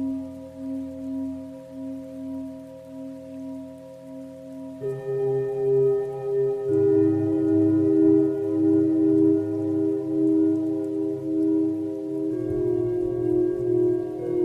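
Tibetan singing bowls hum in long, steady tones layered with a low sustained drone, with no gaps. New bowl tones swell in near five and seven seconds and again near twelve, shifting the pitch mix; a soft hiss like light rain sits underneath.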